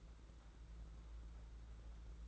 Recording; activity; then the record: daily activity, microphone in the room; take from stove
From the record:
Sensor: 3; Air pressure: 991.9 hPa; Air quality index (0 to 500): 227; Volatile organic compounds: 1000 ppm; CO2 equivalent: 7805 ppm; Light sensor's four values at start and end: 26/77/31/26 and 26/77/31/26